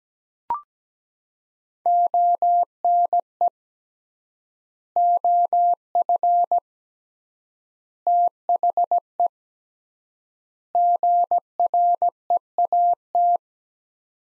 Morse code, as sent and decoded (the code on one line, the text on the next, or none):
--- -. . / --- ..-. / - .... . / --. .-. . .- -
ONE OF THE GREAT